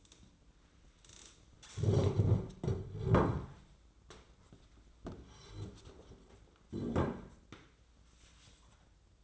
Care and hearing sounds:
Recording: daily activity, microphone in the room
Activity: stand up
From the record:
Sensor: 3

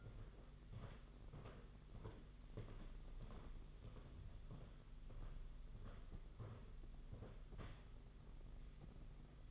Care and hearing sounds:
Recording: daily activity, microphone in the room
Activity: walk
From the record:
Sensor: 4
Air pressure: 992.4 hPa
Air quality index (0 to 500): 131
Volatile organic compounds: 47 ppm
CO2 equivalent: 3253 ppm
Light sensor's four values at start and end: 20/72/26/27 and 20/72/26/27

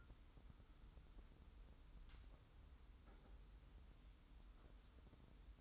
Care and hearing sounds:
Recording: daily activity, microphone in the room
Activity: wipe stove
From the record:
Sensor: 3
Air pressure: 990.4 hPa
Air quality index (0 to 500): 184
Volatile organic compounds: 1000 ppm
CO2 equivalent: 6012 ppm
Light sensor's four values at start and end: 46/108/44/42 and 46/108/44/42

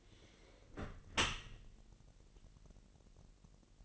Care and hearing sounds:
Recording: daily activity, microphone in the room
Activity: close dishwasher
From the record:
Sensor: 4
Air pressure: 1001.5 hPa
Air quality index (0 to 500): 249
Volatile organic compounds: 42 ppm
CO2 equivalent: 3183 ppm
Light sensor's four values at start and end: 8/17/7/6 and 8/17/7/6

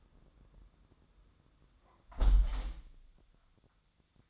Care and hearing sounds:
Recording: daily activity, microphone in the room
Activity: close window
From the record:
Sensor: 3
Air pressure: 1004.6 hPa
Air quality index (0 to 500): 80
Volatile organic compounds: 2 ppm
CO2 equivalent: 1208 ppm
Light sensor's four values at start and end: 7/17/7/6 and 7/16/6/6

